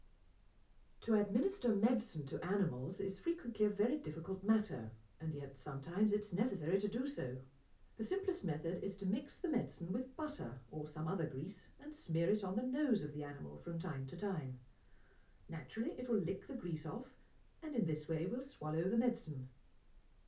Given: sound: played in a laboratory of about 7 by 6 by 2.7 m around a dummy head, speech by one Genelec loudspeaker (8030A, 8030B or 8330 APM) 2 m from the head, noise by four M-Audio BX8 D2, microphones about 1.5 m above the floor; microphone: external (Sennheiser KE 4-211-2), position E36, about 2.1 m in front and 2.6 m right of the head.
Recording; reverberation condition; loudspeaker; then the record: female speech in English; low; 150 degrees to the right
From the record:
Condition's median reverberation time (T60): about 310 ms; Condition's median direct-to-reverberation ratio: about 3.5 dB